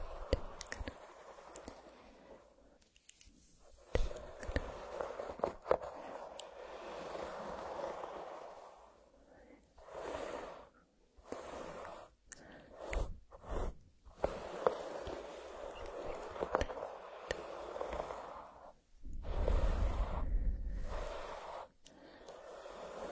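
A brush rasps in breathy strokes, a dry hiss that swells and fades in uneven bursts. After about ten seconds the strokes break up into short separate swipes with brief silent pauses, and a few sharp clicks and taps land throughout.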